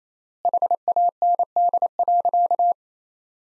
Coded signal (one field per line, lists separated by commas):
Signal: Morse code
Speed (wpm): 28 wpm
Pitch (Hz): 700 Hz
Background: none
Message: HAND.